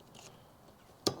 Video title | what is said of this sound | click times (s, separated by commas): (Install/Review) Budget All-Season Windshield Wiper Blades | and you hear that click and then | 1.1 s